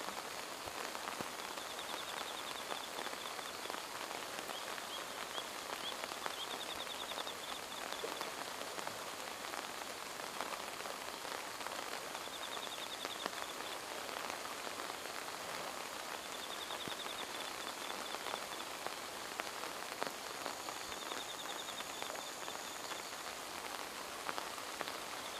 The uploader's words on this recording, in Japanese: 暗闇の河川敷の雨音。A rainy riverbed before the sun rises.The soothing noise of raindrops and the sounds of birds starting to chirp quietly.I will give you the sounds that can only be heard on a rainy autumn morning.